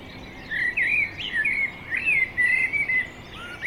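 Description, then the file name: Common blackbird singing a flowing series of fluted, wavering whistles with slides up and down, ending with a lower note; faint hiss behind. "Turdus merula"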